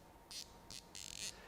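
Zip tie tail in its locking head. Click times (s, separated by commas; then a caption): 0.7 s, 1.0 s, 1.1 s. A rubber-lined zip tie, with rubber lining down each side and a release tab, has its tail pulled through its locking head. Its ratchet gives a series of loud, bright clicks at about 0.7, 1.0, 1.0 and 1.2 seconds over a low background hum. The tie locks firmly in place.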